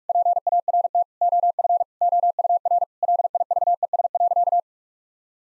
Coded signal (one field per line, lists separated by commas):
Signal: Morse code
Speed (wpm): 46 wpm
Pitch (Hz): 700 Hz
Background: none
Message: PART OF OUR LIVES.